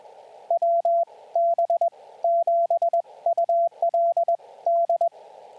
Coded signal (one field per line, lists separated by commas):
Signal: Morse code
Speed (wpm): 21 wpm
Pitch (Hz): 680 Hz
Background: radio noise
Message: WB7ULD